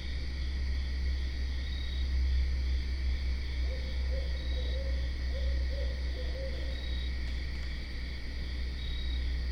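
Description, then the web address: Barred owl calling, a brief cluster of muffled low hoots in the middle, partly buried under a heavy low rumble and steady insect trilling. Recorded 12 September 2010. "Barred Owl 2010 09 12"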